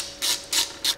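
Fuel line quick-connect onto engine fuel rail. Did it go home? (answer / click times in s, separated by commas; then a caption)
no / none. A fuel line quick-connect fitting is being handled at the engine fuel rail, producing three bursts of broadband, hissy scraping noise at about 0.2, 0.5 and 0.85 seconds. The fitting has not yet been pushed home, and nothing has seated or clicked yet.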